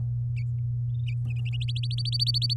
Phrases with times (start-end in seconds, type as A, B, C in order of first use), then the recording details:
1.68-2.54 A. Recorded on 10 May 2018 at 12:00. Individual llb16